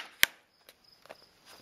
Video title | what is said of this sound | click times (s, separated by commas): The Paint Brush Cover Reviewed by Ask The Builder | you know airtight so that you know and of course you can hear it snap you | 0.2 s